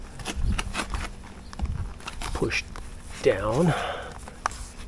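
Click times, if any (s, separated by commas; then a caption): 4.5 s. A new plastic mirror cover is fitted to the sun visor of a Porsche 996 Boxster, its tabs pushed down into the visor's detents while someone talks, with small handling taps and clicks throughout. A sharp snap at 4.5 s marks the cover seating in place.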